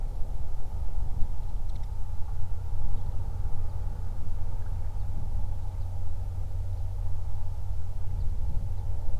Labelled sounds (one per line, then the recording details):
songbird
man-made sound
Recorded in the Prudhoe Bay oil fields, Alaska, on 31 July 2019 at 08:25
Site 24